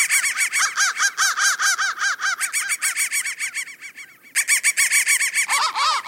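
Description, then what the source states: Harsh crow caw fragments stuttered in quick succession, bright and grating, with a short dip in loudness before the rapid pulses return. Digitally processed crow sound.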